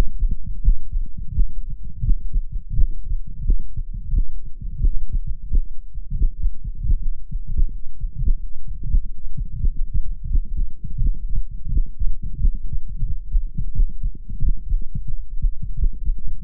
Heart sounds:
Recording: heart sounds by microphone in the right ear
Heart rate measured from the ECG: 85 bpm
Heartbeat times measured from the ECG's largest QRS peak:
0.61 s: heartbeat
1.30 s: heartbeat
2.00 s: heartbeat
2.70 s: heartbeat
3.42 s: heartbeat
4.13 s: heartbeat
4.84 s: heartbeat
5.55 s: heartbeat
6.29 s: heartbeat
7.01 s: heartbeat
7.71 s: heartbeat
8.42 s: heartbeat
9.13 s: heartbeat
9.84 s: heartbeat
10.53 s: heartbeat
11.22 s: heartbeat
11.92 s: heartbeat
12.63 s: heartbeat
13.33 s: heartbeat
14.02 s: heartbeat
14.70 s: heartbeat
15.41 s: heartbeat
16.13 s: heartbeat
From the record:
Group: healthy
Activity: light exercise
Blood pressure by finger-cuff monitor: 108/50 mmHg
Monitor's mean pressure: 64 mmHg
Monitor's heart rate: 85 bpm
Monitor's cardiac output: 8 L/min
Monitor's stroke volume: 94 mL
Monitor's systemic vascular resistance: 560 dyn s/cm5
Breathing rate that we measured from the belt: 20 breaths a minute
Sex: male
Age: 25 years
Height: 170 cm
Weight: 70.4 kg

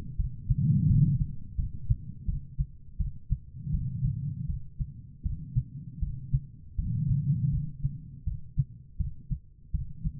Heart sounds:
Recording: heart sounds by stethoscope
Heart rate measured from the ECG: 82 bpm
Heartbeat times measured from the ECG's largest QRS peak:
0.17 s: heartbeat
0.87 s: heartbeat
1.56 s: heartbeat
2.26 s: heartbeat
2.98 s: heartbeat
3.72 s: heartbeat
4.47 s: heartbeat
5.23 s: heartbeat
6.00 s: heartbeat
6.76 s: heartbeat
7.51 s: heartbeat
8.25 s: heartbeat
8.98 s: heartbeat
9.72 s: heartbeat
From the record:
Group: healthy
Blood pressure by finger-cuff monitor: 102/67 mmHg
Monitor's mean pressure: 83 mmHg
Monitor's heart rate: 81 bpm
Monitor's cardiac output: 5.4 L/min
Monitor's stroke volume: 67 mL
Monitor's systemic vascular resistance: 1120 dyn s/cm5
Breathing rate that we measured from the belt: 18 breaths a minute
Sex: female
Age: 51 years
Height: 162 cm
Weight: 70.04 kg

